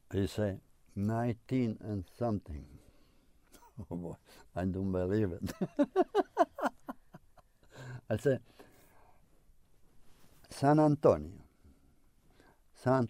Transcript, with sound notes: He say, nineteen and something. Oh boy. I didn't believe it. (he laughs) I say, San Antonio, St.